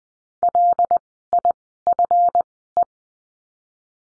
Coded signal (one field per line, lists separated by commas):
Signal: Morse code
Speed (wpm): 20 wpm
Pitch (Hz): 700 Hz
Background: none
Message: LIFE